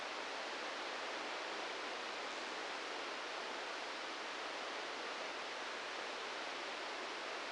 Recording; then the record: brain microelectrode recording played as sound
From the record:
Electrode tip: inside the subthalamic nucleus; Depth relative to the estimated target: 0 mm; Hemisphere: right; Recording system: NeuroSet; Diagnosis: Parkinson's disease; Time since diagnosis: 8 years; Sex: male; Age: 58 years